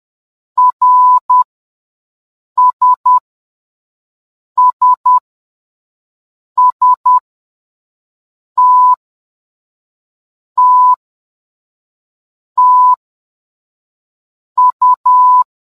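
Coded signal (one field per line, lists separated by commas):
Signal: Morse code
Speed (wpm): 10 wpm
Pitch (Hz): 1000 Hz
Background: none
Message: R S S S T T T U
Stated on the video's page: Morse alphabet and numbers lesson with sound for learners.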